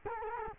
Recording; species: mosquito wingbeat signal from an infrared sensor; Culex quinquefasciatus